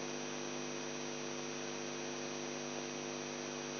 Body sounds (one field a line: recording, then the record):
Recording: brain microelectrode recording played as sound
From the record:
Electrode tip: outside the subthalamic nucleus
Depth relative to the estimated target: -4 mm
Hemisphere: left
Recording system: AlphaMap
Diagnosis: Parkinson's disease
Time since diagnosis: 11 years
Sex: male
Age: 42 years